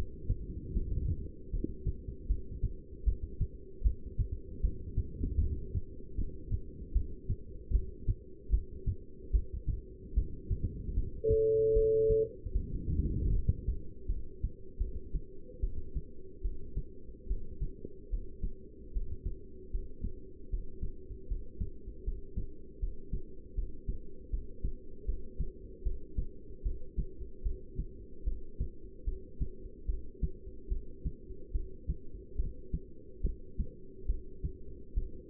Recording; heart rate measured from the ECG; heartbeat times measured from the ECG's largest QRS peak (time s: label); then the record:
heart sounds by stethoscope; 75 bpm
0.74 s: heartbeat
1.52 s: heartbeat
2.28 s: heartbeat
3.05 s: heartbeat
3.83 s: heartbeat
4.62 s: heartbeat
5.40 s: heartbeat
6.17 s: heartbeat
6.94 s: heartbeat
7.72 s: heartbeat
8.51 s: heartbeat
9.32 s: heartbeat
10.15 s: heartbeat
10.95 s: heartbeat
11.74 s: heartbeat
12.53 s: heartbeat
13.32 s: heartbeat
14.08 s: heartbeat
14.79 s: heartbeat
15.61 s: heartbeat
16.43 s: heartbeat
17.28 s: heartbeat
18.11 s: heartbeat
18.94 s: heartbeat
19.72 s: heartbeat
20.51 s: heartbeat
21.28 s: heartbeat
22.05 s: heartbeat
22.80 s: heartbeat
23.56 s: heartbeat
24.31 s: heartbeat
25.06 s: heartbeat
25.84 s: heartbeat
26.63 s: heartbeat
27.43 s: heartbeat
28.25 s: heartbeat
29.05 s: heartbeat
29.87 s: heartbeat
30.69 s: heartbeat
31.53 s: heartbeat
32.37 s: heartbeat
33.22 s: heartbeat
34.07 s: heartbeat
34.95 s: heartbeat
From the record:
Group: heart failure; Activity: rest 0-10 s, Valsalva maneuver 10-35 s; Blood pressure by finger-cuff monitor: 166/103 mmHg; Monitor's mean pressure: 126 mmHg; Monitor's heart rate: 76 bpm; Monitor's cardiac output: 8.1 L/min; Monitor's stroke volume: 106 mL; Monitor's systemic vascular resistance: 1190 dyn s/cm5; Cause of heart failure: non-ischemic cardiomyopathy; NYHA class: 1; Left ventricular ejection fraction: 62%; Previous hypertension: present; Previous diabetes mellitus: present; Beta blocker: bisoprolol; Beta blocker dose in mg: 10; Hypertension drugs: sacubitril-valsartan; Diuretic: furosemide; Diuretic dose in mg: 20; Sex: male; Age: 49 years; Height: 167 cm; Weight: 110 kg